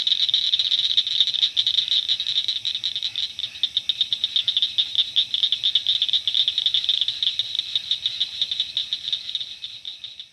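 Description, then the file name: Blanchard's cricket frog clicks pour out in a quick, pulsing series, loud at first and then tapering slightly toward the end. "acblanchardi"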